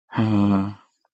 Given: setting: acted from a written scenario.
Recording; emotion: vocal sound without words; neutral